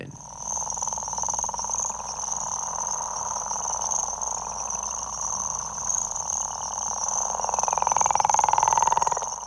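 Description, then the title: Frogs calling in a dense, continuous pulsing chorus, with a steady high whine above and a brief whistled tone swelling near the end. Tropical frogs. "Solfège de l'objet sonore. grenouilles des tropiques"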